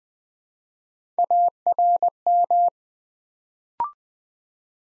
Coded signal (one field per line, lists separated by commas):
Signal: Morse code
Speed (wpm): 20 wpm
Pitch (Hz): 700 Hz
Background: none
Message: ARM